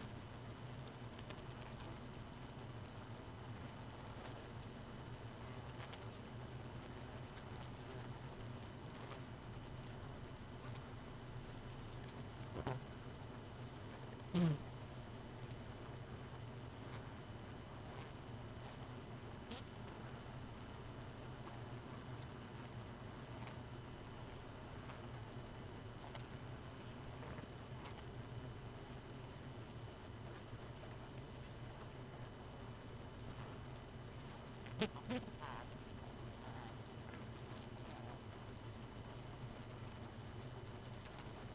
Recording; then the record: honeybee colony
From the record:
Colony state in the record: missing queen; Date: 31 May 2018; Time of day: 2:38